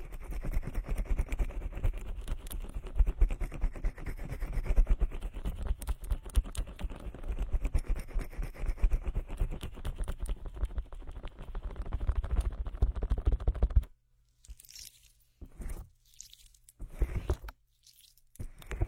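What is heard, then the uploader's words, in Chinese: Aloe gel is worked around the ear, making a dense, continuous wet crackling and squishing for about fourteen seconds. Then it cuts to near silence, broken only by a few short, soft rubbing bursts near the end. 超爽の芦荟胶耳朵SPA。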